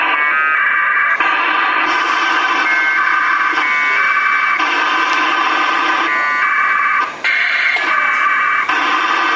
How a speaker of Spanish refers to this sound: Con la ayuda de un GPS, un módem y un equipo de VHF, el APRS transmite en 144-800 megaciclos esto.